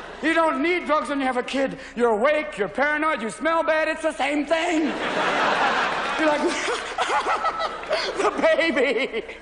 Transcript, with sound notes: You don't need drugs when you have a kid. You're awake. You're paranoid. You smell bad. It's the same thing.
(LAUGHTER)
You're like (laughter) the baby.